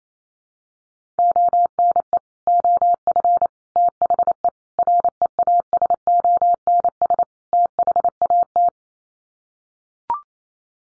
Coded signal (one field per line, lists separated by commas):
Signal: Morse code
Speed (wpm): 28 wpm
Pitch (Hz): 700 Hz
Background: none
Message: ONE OF THE REASONS THAT